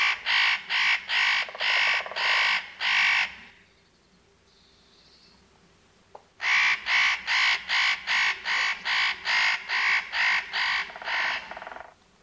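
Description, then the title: Northern nutcracker giving a run of rasping, screeching notes in steady rhythm, broken by a few seconds of quiet before another run of about a dozen calls. "Viikon luontoääni: Pähkinähakki"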